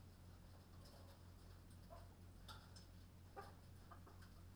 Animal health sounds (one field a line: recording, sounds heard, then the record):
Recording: poultry house recording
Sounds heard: healthy chickens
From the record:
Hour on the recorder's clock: 21